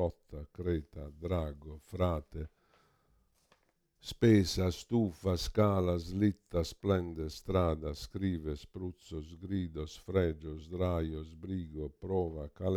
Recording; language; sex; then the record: read list of words; Italian; male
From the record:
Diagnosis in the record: Parkinson's disease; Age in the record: 65 years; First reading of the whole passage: 52 s, 9.9 characters per second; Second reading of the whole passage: 50 s, 10.3 characters per second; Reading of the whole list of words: 40 s, 7.0 characters per second